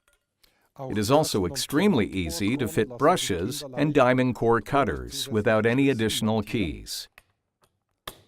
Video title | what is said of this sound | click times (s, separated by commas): X LOCK That's how simple the system is | you hear an audible click which means that the tool is securely anchored now | 8.1 s